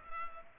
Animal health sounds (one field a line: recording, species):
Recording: mosquito wingbeat signal from an infrared sensor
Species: Culex pipiens